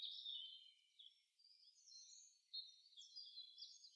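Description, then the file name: European robin song: thin, high warbling phrases of varied sweet notes and trills, with brief pauses. "Erithacus rubecula"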